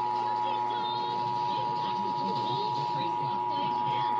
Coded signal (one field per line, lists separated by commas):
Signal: Emergency Alert System (SAME) tones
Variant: 853 and 960 Hz attention tone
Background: speech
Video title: Los Angeles Required Monthly Tests (EAS #6170-6236) 3/29/22